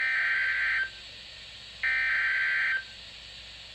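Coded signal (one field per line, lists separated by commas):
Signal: Emergency Alert System (SAME) tones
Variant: header bursts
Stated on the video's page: Series of Severe Thunderstorm Warning SAME alerts.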